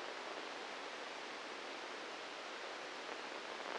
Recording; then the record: brain microelectrode recording played as sound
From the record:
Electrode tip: inside the subthalamic nucleus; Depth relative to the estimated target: 1 mm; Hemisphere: right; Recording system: NeuroSet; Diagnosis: Parkinson's disease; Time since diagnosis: 7 years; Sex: male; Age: 44 years